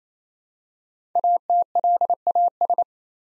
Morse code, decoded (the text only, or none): ATLAS